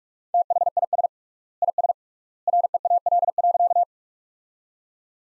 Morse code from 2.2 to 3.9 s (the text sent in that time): REAL.